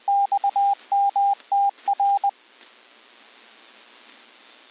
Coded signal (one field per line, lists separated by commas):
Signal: Morse code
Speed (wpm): 20 wpm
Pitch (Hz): 800 Hz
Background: radio noise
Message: XMTR